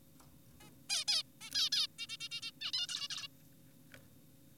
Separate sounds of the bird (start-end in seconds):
0.61-0.71, 0.90-1.04, 1.08-1.23, 1.42-1.50, 1.54-1.69, 1.72-1.87, 1.99-2.07, 2.09-2.17, 2.21-2.29, 2.32-2.41, 2.42-2.51, 2.61-2.72, 2.74-2.87, 2.89-3.08, 3.10-3.28